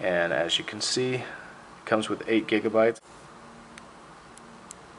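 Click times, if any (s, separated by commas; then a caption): 4.7 s. Someone talks, then an 8 GB microSD card is pushed into the spring-loaded card slot on the left side of an HTC myTouch 3G Slide (T-Mobile) phone, under the battery cover, which must be removed to reach the card but not the battery. After the talking stops, faint ticks are heard at 3.8 s and 4.4 s, and the card clicks into place at 4.7 s, seated.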